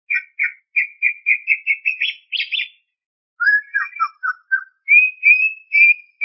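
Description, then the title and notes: Greater green leafbird song: quick repeated whistled notes rising in pitch, a short pause, then mixed slurred notes and steady sustained whistles. Described as a champion singer. "Kicau Burung Cucak Ijo Juara. Suara kicauan burung cucak ijo"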